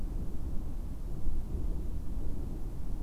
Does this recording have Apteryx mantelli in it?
no